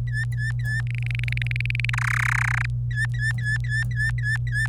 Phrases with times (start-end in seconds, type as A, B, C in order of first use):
0.07-0.81 A, 0.87-1.90 B, 1.93-2.66 C, 2.91-4.67 A